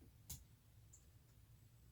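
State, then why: Seated. A power cable connector is pushed into its socket on a PNY RTX 5080 graphics card or its power supply during the card's install. A sharp click sounds at 0.3 s, followed by a fainter, brief high tick near 0.9 s over low background hum. The connector is seated and clicked in.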